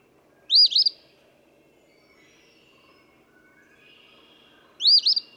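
Eastern phoebe song, a pair of hoarse two-note 'fee-bee' phrases spaced about four seconds apart.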